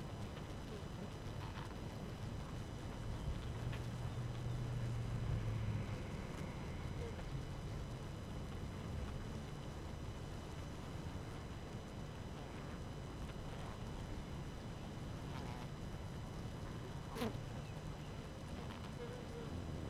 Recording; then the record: honeybee colony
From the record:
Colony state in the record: active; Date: 12 June 2018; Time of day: 4:31